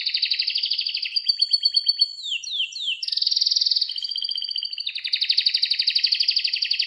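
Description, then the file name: Canary song: rapid trilled rolls of repeated notes between mid and high pitch, broken by short descending slurs, then a fast buzzy rattle and renewed quick trills. Irish Fancy canary breed. "suara kenari irish fancy"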